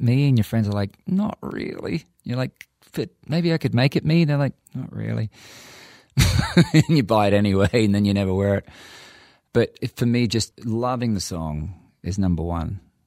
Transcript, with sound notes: And your friends are like, ‘Not really. You’re like, ‘But maybe I can make it me?’ And they’re like, ‘Not really.’ (laughs) Then you buy it anyway and then you never wear it. But for me, loving the song is number one.